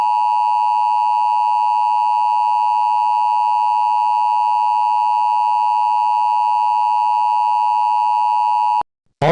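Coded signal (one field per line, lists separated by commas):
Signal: Emergency Alert System (SAME) tones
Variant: 853 and 960 Hz attention tone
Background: speech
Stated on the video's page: Fictional EAS scenario.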